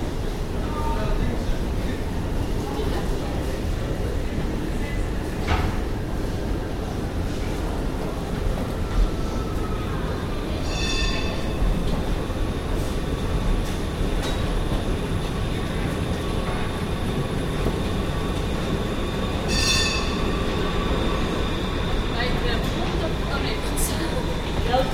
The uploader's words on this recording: Tramtunnel Den Haag. Arrivals and departures of tramcars in the Tramtunnel. Recorded as part of "The Hague Sound City" for State-X/Newforms 2010.